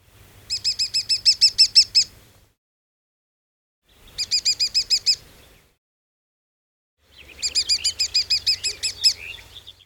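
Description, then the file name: Lesser spotted woodpecker calling in three runs of high, thin, evenly spaced 'kee-kee-kee' notes, several to about a dozen notes per run, separated by short pauses, with a faint low hum underneath. "Picoides minor"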